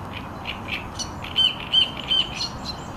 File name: Acrocephalus arundinaceus